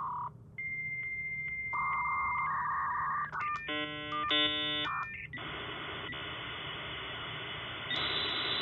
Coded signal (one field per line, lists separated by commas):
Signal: dial-up modem handshake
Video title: Playing Toontown Rewritten Using Dial-Up Internet